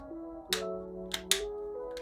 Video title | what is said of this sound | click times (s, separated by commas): DIY PS5 Controller (For BDM-20): ExtremeRate's Rise4 Remap Kit - No-Soldering Step by Step Tutorial | so just press down throughout all of the left and right side you're gonna hear some clicks | 0.5 s, 1.1 s, 1.3 s